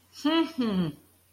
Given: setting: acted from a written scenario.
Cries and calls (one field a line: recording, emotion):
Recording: vocal sound without words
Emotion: pride